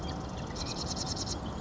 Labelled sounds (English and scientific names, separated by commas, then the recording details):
Marsh Wren (Cistothorus palustris)
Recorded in Sonoma County, California